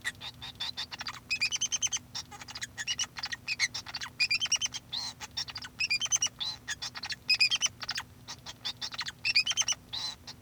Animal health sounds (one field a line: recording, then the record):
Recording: song of a male Bengalese finch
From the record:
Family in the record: son of father 2